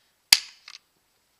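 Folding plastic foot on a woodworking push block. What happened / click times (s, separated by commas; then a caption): The folding plastic foot snapped down out of its stowed position / 0.3 s. A folding plastic foot on a Micro Jig GB-1 table-saw push block is snapped down out of its locked-up stowed position, giving a single sharp, loud snap at 0.3 s as it releases. Faint ticks follow around 0.7 s and at 1.4 s.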